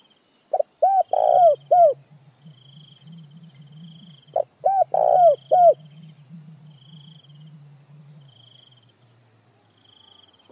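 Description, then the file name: Spotted dove cooing in two phrases, each of four or five husky notes with a longer rolling middle coo, about four seconds apart; a steady high insect buzz and low hum behind. Calling the flock. "Tieng cu gay goi bay"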